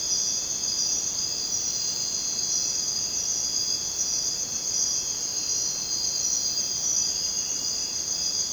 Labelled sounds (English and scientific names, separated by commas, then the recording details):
none
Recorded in dense forest near Puerto Asís, Putumayo, Colombia, on 23 June 2025 at 01:00
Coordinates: 0.484, -76.317
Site G045